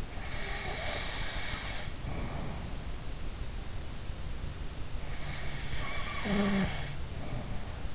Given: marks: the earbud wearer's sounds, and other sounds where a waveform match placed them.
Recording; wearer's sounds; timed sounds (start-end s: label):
sounds in sleep by an in-ear microphone; snoring breath
0.11-2.79 s: snoring breath
5.03-7.95 s: snoring breath